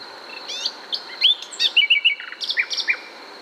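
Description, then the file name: Common nightingale singing a varied phrase of sharp chirps and quick repeated whistled notes, with a steady high hum running underneath. "Luscinia megarhynchos"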